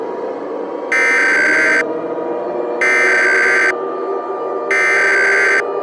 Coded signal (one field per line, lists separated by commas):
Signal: Emergency Alert System (SAME) tones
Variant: header bursts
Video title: EAS Scenario: Toy Story 5 (Offical COMEBACK)